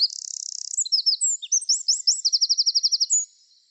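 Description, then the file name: Eurasian wren song, a loud high torrent of rapid notes and buzzy trills lasting about three seconds, ending in an even rattling trill before stopping. "Troglodytes troglodytes"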